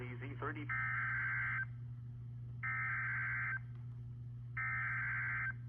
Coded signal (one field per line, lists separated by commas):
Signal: Emergency Alert System (SAME) tones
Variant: header bursts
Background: speech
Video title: (EAS) Tornado Warning In Michigan 7/5/24!!!!!